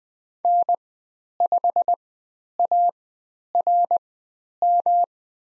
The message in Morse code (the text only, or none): N5ARM